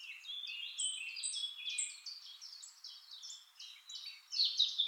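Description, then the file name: Eurasian blackcap warbling a fast, varied jumble of short high notes without pause, growing louder and brighter in the last half second. "Sylvia atricapilla"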